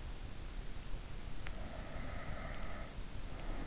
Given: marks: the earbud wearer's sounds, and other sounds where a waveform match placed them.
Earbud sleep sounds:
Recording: sounds in sleep by an in-ear microphone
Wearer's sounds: breath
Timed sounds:
1.57-3.57 s: breath

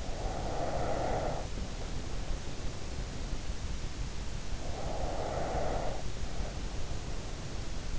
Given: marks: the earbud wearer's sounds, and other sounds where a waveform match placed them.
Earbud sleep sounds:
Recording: sounds in sleep by an in-ear microphone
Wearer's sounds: breath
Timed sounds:
0.00-2.66 s: breath
4.51-7.04 s: breath

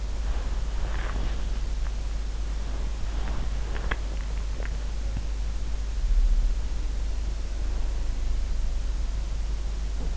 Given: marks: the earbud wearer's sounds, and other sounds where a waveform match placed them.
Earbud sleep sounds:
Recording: sounds in sleep by an in-ear microphone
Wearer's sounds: body movement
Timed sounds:
0.00-10.17 s: body movement

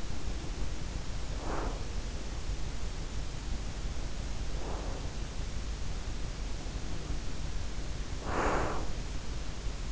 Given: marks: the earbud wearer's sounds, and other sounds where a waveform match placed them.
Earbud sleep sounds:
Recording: sounds in sleep by an in-ear microphone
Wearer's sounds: breath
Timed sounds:
0.00-2.33 s: breath
3.21-5.26 s: breath
6.40-9.45 s: breath

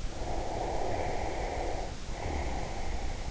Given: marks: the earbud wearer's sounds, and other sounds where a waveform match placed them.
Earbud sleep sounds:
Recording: sounds in sleep by an in-ear microphone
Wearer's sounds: breath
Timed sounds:
0.21-3.12 s: breath

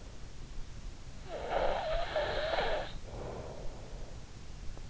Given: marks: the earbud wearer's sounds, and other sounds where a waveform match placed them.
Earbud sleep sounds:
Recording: sounds in sleep by an in-ear microphone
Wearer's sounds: snoring breath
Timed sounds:
1.35-4.03 s: snoring breath

